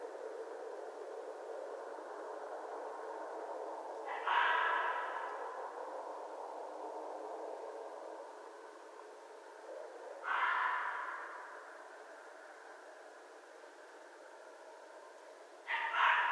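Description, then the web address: Red fox calling three times with harsh, raspy cries spaced about six seconds apart. Recorded on 11 January 2012. "Red Fox 2012 01 11 Red Fox long"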